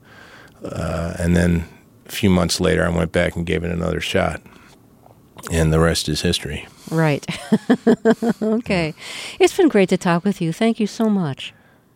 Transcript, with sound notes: And then a few months later, I went back and gave it another shot. And the rest is history.
Right.
(SOUNDBITE OF LAUGHTER)
Okay. It's been great to talk with you. Thank you so much.